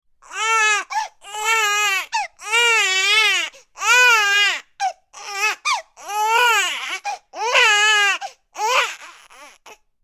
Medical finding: Baby crying.